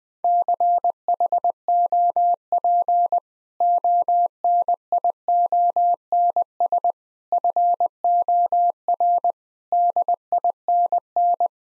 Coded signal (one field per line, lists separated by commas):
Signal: Morse code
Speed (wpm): 20 wpm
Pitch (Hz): 700 Hz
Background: none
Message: CHOP ONIONS FOR DINN